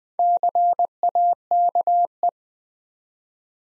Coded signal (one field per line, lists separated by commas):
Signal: Morse code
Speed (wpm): 20 wpm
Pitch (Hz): 700 Hz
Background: none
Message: CAKE